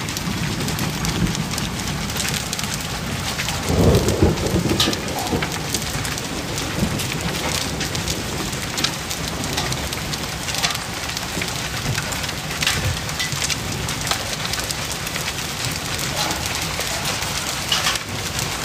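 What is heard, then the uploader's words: Steady rain falls in a dense, even hiss with countless small drops pattering across it. A heavier splash or gust swells briefly around four seconds, then the downpour settles back to its constant, unchanging level for the rest. Sound Of Rain - Sonido de Lluvia.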